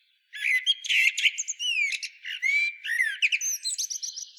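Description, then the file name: Common blackbird singing continuously: mellow whistled slurs mixed with thin, squeaky, rapidly changing high notes for about four seconds without a break. "Turdus merula"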